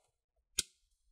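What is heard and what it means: On reassembly of an HP Pavilion 15 BS series laptop, the plastic bottom cover is tucked under the battery edge and pushed hard into the chassis. A single sharp snap sounds at 0.6 seconds as its clips seat, followed by a brief fading tail. The cover is seated in place.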